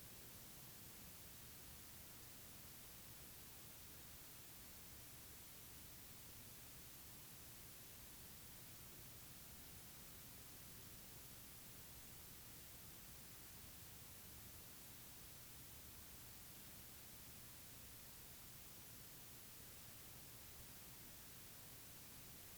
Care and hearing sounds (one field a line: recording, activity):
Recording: daily activity, guitar pickup as the sensor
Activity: lie down